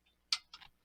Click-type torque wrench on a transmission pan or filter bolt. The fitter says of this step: But you wait for the little click.